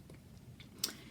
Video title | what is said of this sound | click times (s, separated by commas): Rue Bucket Bag Tutorial | so i'm just gonna do that you might have heard that one snap sometimes you hear them and sometimes they don't | 0.8 s